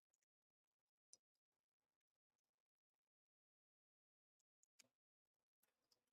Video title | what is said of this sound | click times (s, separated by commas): Miku Gundam Gachapon from Gundam Base Chicago ⭐✨ | I heard a click. That didn't work. | 1.1 s